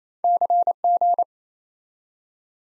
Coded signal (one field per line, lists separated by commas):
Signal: Morse code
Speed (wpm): 28 wpm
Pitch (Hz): 700 Hz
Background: none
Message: CG